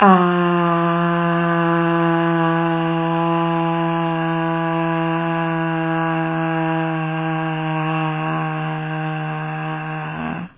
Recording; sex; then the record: sustained vowel /a/; female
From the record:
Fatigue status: no fatigue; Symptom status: asymptomatic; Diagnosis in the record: COVID-19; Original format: 3gp